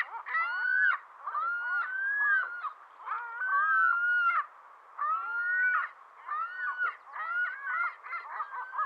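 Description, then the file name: Ring-billed gull calls, repeated nasal mewing cries with arched pitch, uttered in several groups with short pauses between. "Digiffects Sound Effects Library - Ring-Billed Gull Call"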